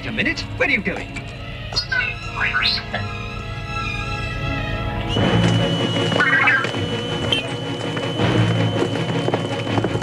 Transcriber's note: beeping and whistling